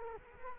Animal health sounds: mosquito wingbeat signal from an infrared sensor; Culex quinquefasciatus

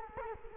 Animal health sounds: mosquito wingbeat signal from an infrared sensor; Culex quinquefasciatus

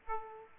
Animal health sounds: mosquito wingbeat signal from an infrared sensor; Aedes aegypti

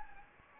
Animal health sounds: mosquito wingbeat signal from an infrared sensor; Anopheles gambiae

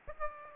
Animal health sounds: mosquito wingbeat signal from an infrared sensor; Aedes aegypti

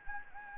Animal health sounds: mosquito wingbeat signal from an infrared sensor; Anopheles gambiae

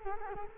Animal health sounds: mosquito wingbeat signal from an infrared sensor; Culex quinquefasciatus

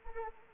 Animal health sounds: mosquito wingbeat signal from an infrared sensor; Anopheles arabiensis

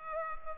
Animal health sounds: mosquito wingbeat signal from an infrared sensor; Culex pipiens

